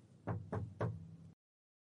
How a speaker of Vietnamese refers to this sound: Bên ngoài có tiếng gõ cửa vang lên.